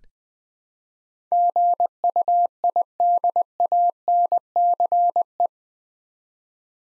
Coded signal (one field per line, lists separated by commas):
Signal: Morse code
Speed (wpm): 20 wpm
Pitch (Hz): 700 Hz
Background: none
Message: GUIDANCE